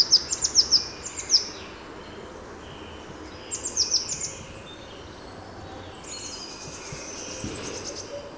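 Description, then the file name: Eurasian blue tit calls: clusters of high, thin ticking notes at the start and again midway, followed by faint high hissy sound against quiet background noise. "Cyanistes caeruleus"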